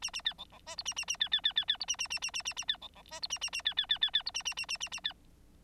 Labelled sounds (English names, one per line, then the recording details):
Bengalese Finch song
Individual Bird9